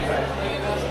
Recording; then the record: background sound without coughing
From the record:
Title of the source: CITY SOUNDS Busy Bar in the Evening Night - 2 HOURS of Ambiance for Relaxation